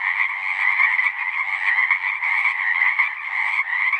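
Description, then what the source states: Pacific chorus frogs in a brief stretch of dense chorus, overlapping creaky croaks forming a continuous throbbing sound. Full chorus after dusk; male advertisement calls used to attract females, a kree-eeck or ribbit.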